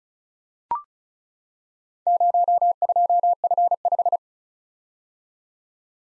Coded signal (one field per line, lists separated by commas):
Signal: Morse code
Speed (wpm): 36 wpm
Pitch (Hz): 700 Hz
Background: none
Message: 02F5